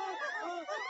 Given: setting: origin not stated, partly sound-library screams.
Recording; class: one-second piece from a danger detection set; woman in danger